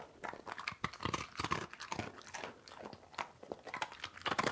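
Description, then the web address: Soft-coated wheaten terrier chewing a treat, with irregular crunchy bites and clicks throughout. Dog eating a treat and moving on a tile floor. "Dog Wheaten Terrier Eat Treat Movement Tile Floor"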